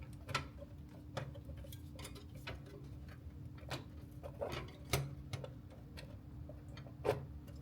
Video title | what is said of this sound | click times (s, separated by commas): I was fed up with RX 7900 XT, So I switched: 4080 Super Unboxing & First Impression | so it is fully dropped in, and you hear the click. It's fully locked. | 4.9 s